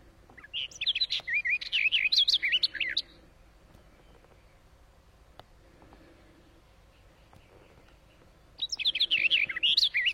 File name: Canto da toutinegra gaviao